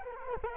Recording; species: mosquito wingbeat signal from an infrared sensor; Culex quinquefasciatus